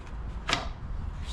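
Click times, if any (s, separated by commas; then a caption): 0.5 s. A plastic retaining clip that holds a car radiator fan assembly together as one unit is pushed until it locks. A sharp, bright click at 0.5 s stands out above low background rumble, and the clip is seated.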